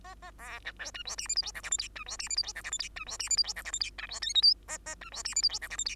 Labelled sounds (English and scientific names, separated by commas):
Bengalese Finch (Lonchura striata domestica) song